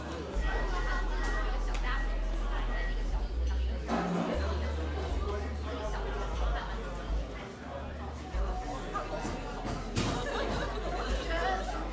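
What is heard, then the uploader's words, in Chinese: Café ambience with a steady murmur of overlapping conversation, a low hum underneath, and brief clatter near four and ten seconds. 來自咖啡廳的白噪音。本集就是現場錄製咖啡廳的白噪音。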